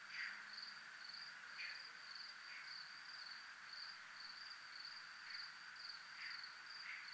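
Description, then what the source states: Crickets trill steadily in a high pulsing band, with short chirpy notes popping in every so often. Crickets recorded at zona militar (military zone).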